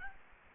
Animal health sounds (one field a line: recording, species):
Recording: mosquito wingbeat signal from an infrared sensor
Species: Aedes aegypti